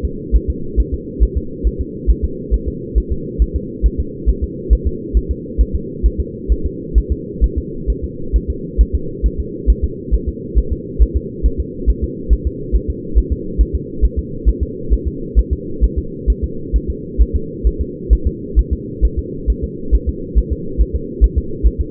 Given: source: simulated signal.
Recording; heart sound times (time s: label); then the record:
fetal heart sounds
0.05 s: S2
0.36 s: S1
0.50 s: S2
0.80 s: S1
0.94 s: S2
1.23 s: S1
1.38 s: S2
1.67 s: S1
1.81 s: S2
2.10 s: S1
2.25 s: S2
2.54 s: S1
2.68 s: S2
2.98 s: S1
3.12 s: S2
3.42 s: S1
3.56 s: S2
3.86 s: S1
4.00 s: S2
4.29 s: S1
4.44 s: S2
4.73 s: S1
4.87 s: S2
5.17 s: S1
5.31 s: S2
5.61 s: S1
5.75 s: S2
6.06 s: S1
6.20 s: S2
6.52 s: S1
6.66 s: S2
6.98 s: S1
7.12 s: S2
7.44 s: S1
7.58 s: S2
7.90 s: S1
8.04 s: S2
8.36 s: S1
8.50 s: S2
8.81 s: S1
8.95 s: S2
9.26 s: S1
9.40 s: S2
9.70 s: S1
9.84 s: S2
10.14 s: S1
10.28 s: S2
10.58 s: S1
10.73 s: S2
11.02 s: S1
11.17 s: S2
11.46 s: S1
11.60 s: S2
11.90 s: S1
12.04 s: S2
12.33 s: S1
12.47 s: S2
12.75 s: S1
12.90 s: S2
13.18 s: S1
13.32 s: S2
13.61 s: S1
13.75 s: S2
14.05 s: S1
14.19 s: S2
14.49 s: S1
14.63 s: S2
14.93 s: S1
15.08 s: S2
15.39 s: S1
15.53 s: S2
15.84 s: S1
15.98 s: S2
16.30 s: S1
16.44 s: S2
16.76 s: S1
16.90 s: S2
17.21 s: S1
17.36 s: S2
17.67 s: S1
17.81 s: S2
18.13 s: S1
18.27 s: S2
18.59 s: S1
18.73 s: S2
19.05 s: S1
19.19 s: S2
19.50 s: S1
19.64 s: S2
19.95 s: S1
20.09 s: S2
20.38 s: S1
20.53 s: S2
20.81 s: S1
20.96 s: S2
21.24 s: S1
21.38 s: S2
21.67 s: S1
21.81 s: S2
From the record:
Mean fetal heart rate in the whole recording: 135 bpm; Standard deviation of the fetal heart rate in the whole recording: 3 bpm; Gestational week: 34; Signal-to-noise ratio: -4.3 dB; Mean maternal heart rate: 72 bpm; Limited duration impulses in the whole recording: absent